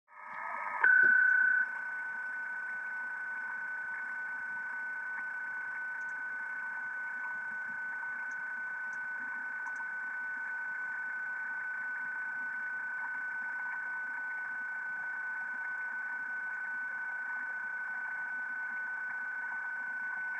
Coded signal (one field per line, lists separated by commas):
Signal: PSK31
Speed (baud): 31.25 baud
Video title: 472 kHz Transverter Testing - M1GEO/G8OCV